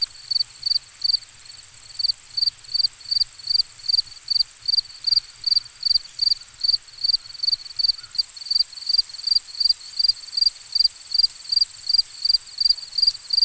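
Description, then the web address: Crickets chirping in quick, repeated bursts over a continuous thin, very high trill, steady throughout. Ambient nature recording. "Dr Sound Effects. Crickets and Frogs In the Distance"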